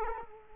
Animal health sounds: mosquito wingbeat signal from an infrared sensor; Culex quinquefasciatus

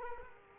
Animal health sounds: mosquito wingbeat signal from an infrared sensor; Culex quinquefasciatus

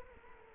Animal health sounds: mosquito wingbeat signal from an infrared sensor; Culex quinquefasciatus

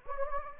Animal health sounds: mosquito wingbeat signal from an infrared sensor; Anopheles gambiae

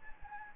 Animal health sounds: mosquito wingbeat signal from an infrared sensor; Anopheles gambiae

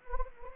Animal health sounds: mosquito wingbeat signal from an infrared sensor; Anopheles gambiae

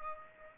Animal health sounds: mosquito wingbeat signal from an infrared sensor; Aedes aegypti

